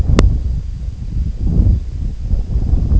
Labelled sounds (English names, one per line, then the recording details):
none
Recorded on Arctic tundra, site IGLO-D, on 25 June 2018
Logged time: 06:00